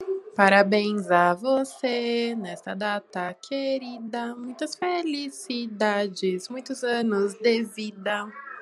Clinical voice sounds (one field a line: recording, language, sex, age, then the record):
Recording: short text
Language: Brazilian Portuguese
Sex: female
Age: 20 to 29 years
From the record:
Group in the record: control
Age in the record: 23 years